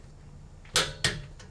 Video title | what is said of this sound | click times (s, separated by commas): BMW 330i 325i E46 Rear Brake Job DIY Changing Pads | and that's it when you hear it click like that | 0.8 s